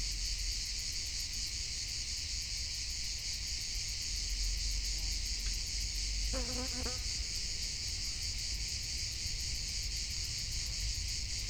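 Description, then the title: Crickets chirping in a dense, continuous high chorus with fast pulsed trills, steady low rumble underneath. Crickets on a summer mountaintop near Sant Llorenç de la Muga, dominating the soundscape with no human-made sound. "Grillos Capilla Sant Jordi"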